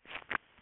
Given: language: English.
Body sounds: throat vibration sensor signal played as sound; swallow

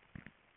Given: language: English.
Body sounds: throat vibration sensor signal played as sound; swallow

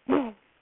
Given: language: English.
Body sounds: throat vibration sensor signal played as sound; throat clearing

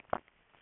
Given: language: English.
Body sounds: throat vibration sensor signal played as sound; swallow

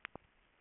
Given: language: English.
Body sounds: throat vibration sensor signal played as sound; swallow

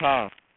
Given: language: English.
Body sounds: throat vibration sensor signal played as sound; speech

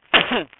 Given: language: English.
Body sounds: throat vibration sensor signal played as sound; cough

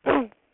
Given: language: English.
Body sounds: throat vibration sensor signal played as sound; throat clearing

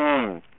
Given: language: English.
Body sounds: throat vibration sensor signal played as sound; speech

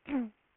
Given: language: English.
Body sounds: throat vibration sensor signal played as sound; throat clearing

